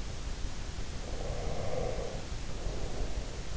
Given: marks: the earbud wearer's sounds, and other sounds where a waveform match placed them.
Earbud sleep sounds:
sounds in sleep by an in-ear microphone; breath
0.77-3.54 s: breath

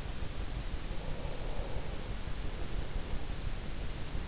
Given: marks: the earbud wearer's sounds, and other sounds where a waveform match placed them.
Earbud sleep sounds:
sounds in sleep by an in-ear microphone; breath
0.61-3.55 s: breath

